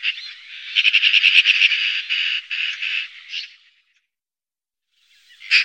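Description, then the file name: Eurasian magpie chattering: a harsh, rapid rattle of dry notes lasting a few seconds, then a pause and a short harsh burst cut off at the end. "Elster"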